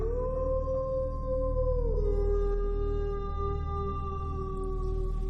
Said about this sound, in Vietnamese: Phía bên kia nhà hàng xóm có một con chó đang ngủ ngoài sân. Nghe được âm thanh ấy, nó liền chồm dậy, ngẩng cao đầu sủa liên tục, lâu lâu lại tru lên, nghe đến lạnh người.